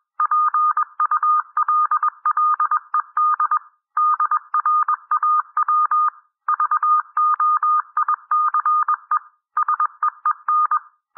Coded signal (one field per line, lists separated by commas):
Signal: Morse code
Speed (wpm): 21 wpm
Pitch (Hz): 1220 Hz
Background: none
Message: PULLED DRAW VOICE SEEN